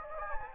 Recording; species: mosquito wingbeat signal from an infrared sensor; Anopheles gambiae